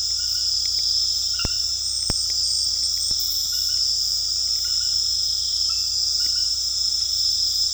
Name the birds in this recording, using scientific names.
none